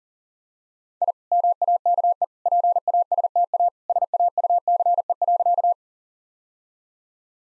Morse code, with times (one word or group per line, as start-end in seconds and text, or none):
1.0-1.1 I
1.3-2.2 MAKE
2.5-3.7 PASTA
3.9-5.7 SAUCE.